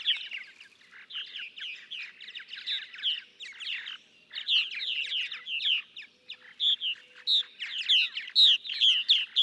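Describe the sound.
Purple martin song, a busy run of liquid, croaking chirps that pauses briefly midway and then resumes with richer gurgles.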